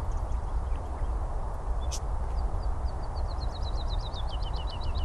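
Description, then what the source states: Woodlark song: a descending series of sweet, fluty notes that speed up into a rolling repeated phrase, over a steady low rumble of traffic. Woodlark singing from the top of a tree on Chobham Common, Surrey, a heathland surrounded by the M3, the M25 and a busy railway line; spring, recorded before Coronavirus lockdowns.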